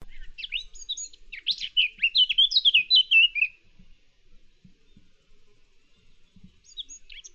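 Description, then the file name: Eurasian blackcap song: a fast, scratchy warble of varied high notes for about three seconds, then quiet, with a brief snatch of warbling again near the end. "Sylvia atricapilla"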